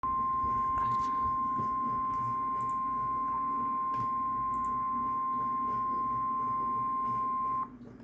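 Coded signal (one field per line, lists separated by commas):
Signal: Emergency Alert System (SAME) tones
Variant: 1050 Hz attention tone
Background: speech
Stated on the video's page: Severe thunderstorm warning heard on weather radio station.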